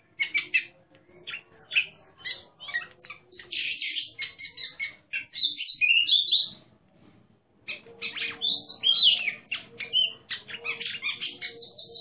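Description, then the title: Oriental magpie-robin song of rapid, mixed phrases, clear whistles broken by harsh chattering, with a short pause near the middle before singing resumes. Competition songbird described as a national champion, singing in ngeplong style, in full voice (gacor). "burung berkicau Kacer Ngeplong gacor Juara Nasional. burung Kacer"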